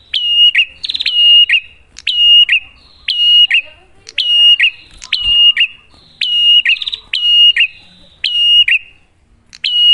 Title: Masteran Duet Cililin Vs Kapas Tembak. Pancingan Prenjak Gacor Suara Jernih